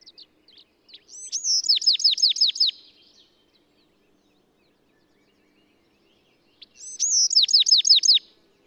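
Bird song: a high, short phrase of rapid descending notes, repeated after a pause of a few seconds.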